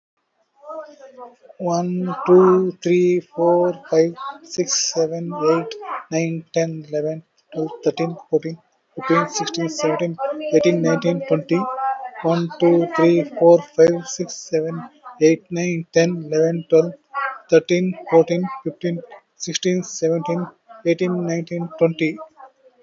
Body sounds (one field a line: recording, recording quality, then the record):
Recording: counting at a normal pace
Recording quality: moderate, slight background noise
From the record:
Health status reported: COVID-19 positive, moderate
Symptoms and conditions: breathing difficulty, fever, loss of smell and taste, hypertension, diabetes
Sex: male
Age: 57 years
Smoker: not ticked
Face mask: worn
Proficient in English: yes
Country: India